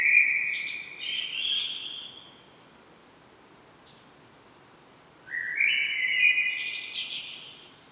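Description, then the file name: Common blackbird singing a flowing fluted phrase, then silence for about three seconds, then a second phrase climbing into high squeaky notes. "Turdus merula"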